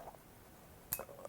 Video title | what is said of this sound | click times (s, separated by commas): Fujifilm X-Pro1 + XF35mmF1.4 - UNBOXING | the docking attempt oh there's a click | 0.9 s